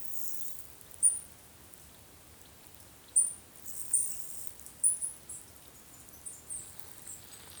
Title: Myiothlypis Nigrocristata